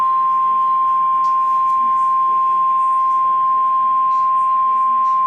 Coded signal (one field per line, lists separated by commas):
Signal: Emergency Alert System (SAME) tones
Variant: 1050 Hz attention tone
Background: speech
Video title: EAS Alerts #203-208: Apr 27, 2024 - Oklahoma Severe Weather Event